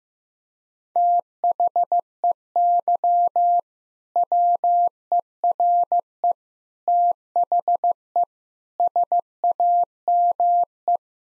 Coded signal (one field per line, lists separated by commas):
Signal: Morse code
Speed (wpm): 15 wpm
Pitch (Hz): 700 Hz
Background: none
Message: THEY WERE THE SAME